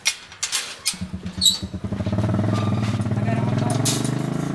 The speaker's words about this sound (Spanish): Para visitar a sus abejas recorren en moto 21 kilómetros.